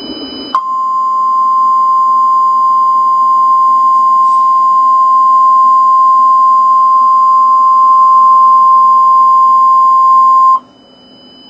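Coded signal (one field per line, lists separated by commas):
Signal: Emergency Alert System (SAME) tones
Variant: 1050 Hz attention tone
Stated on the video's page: Fictional scenario alert for a tornado watch.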